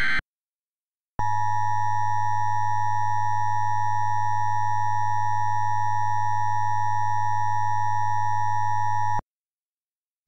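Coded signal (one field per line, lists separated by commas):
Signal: Emergency Alert System (SAME) tones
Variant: 853 and 960 Hz attention tone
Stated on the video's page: Mock alert for a fictional 911 telephone outage, using real EAS tones.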